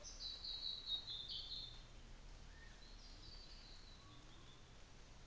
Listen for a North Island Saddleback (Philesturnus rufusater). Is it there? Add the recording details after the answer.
no. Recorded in New Zealand on 24 December 2018. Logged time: 10:15